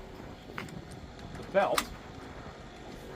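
Someone talks while the safety belt strap is buckled across the wheelchair lift platform of a Prevost H3-45. A sharp, quick click comes at 0.6 s as the buckle seats, which matters because the lift will not move unless the strap is buckled.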